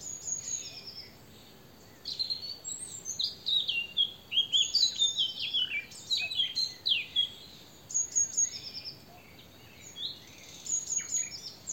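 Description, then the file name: Eurasian blackcap song: a long run of rapid, varied warbled notes swelling in the middle, followed by softer scattered phrases and faint high notes. "Sylvia atricapilla"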